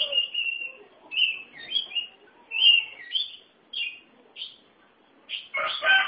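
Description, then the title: Oriental magpie-robin song of clear whistled phrases, some steady and some slurred, separated by short pauses, ending in a louder, rough burst. "Suara Kicauan Burung Kacer Durasi Panjang"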